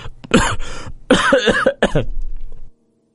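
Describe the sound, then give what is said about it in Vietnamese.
A tall man, a cultivator, breaks off mid-sentence and coughs in several harsh, rasping bursts, grouped in two or three loud fits with short gaps between, before falling silent. “Một câu còn chưa nói hết, gã đã lại dặn cổ mà ho.”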